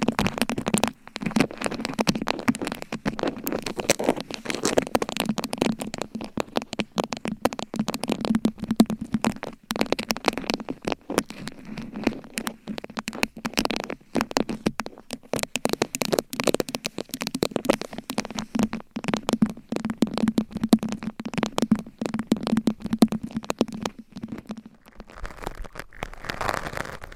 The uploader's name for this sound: Gentle Tapping & Scratching